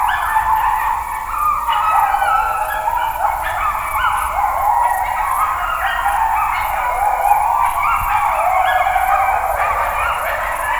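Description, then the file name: Wolf: group of wolves howling, long wavering notes that swoop up and down and cross each other continuously throughout. "vlci"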